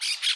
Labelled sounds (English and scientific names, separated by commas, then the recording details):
Brown-throated Parakeet (Eupsittula pertinax) contact call
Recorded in Aruba
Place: hill w/tanki N of Savaneta
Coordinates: 12.461, -69.944